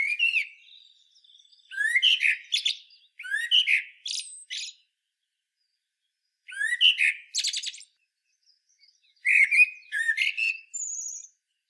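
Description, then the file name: Common blackbird singing several fluty, warbled phrases, each starting low and rich and closing with scratchy high twitters, separated by gaps of a second or two. "Turdus merula"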